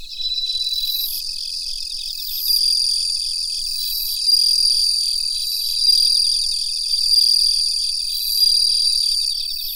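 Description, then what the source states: Bell cricket calling among other crickets: a constant high trill and steady tone, with brief high bursts repeating at a steady rhythm. Recorded together with Mitsukado cricket.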